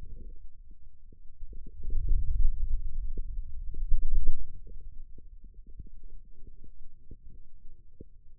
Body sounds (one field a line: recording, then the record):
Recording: forearm muscle sounds (acoustic myography)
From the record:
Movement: wrist extension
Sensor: system 2, bracelet of six BSWA MPA416 microphones around the upper forearm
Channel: 1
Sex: male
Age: 22 years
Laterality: right